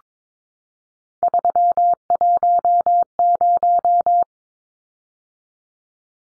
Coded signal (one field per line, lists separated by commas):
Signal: Morse code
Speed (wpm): 22 wpm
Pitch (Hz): 700 Hz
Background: none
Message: 310